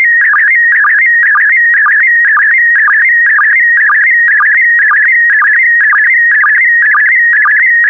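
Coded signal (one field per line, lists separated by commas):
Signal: SSTV (slow-scan television)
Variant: PD120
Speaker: the next image transmission will start in 10 seconds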